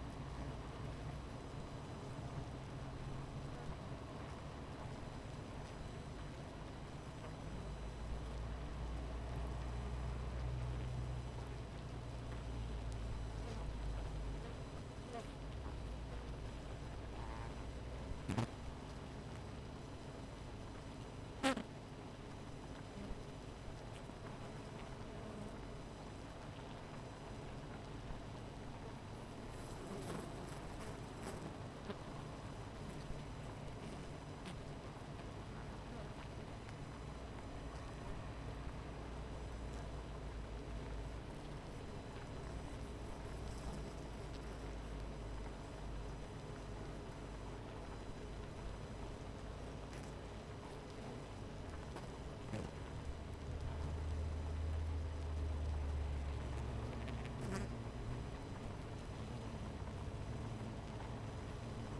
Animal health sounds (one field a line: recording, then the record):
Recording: honeybee colony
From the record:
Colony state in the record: missing queen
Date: 14 July 2017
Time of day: 17:54